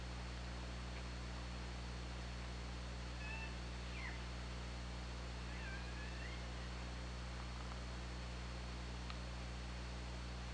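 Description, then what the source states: Killer whale calls: a few short upsweeping and wavering tones in two bursts, with faint harmonics, over constant hydrophone hiss and low hum. Recorded on the OrcaLab hydrophone, 24 August 2017 at 22:17.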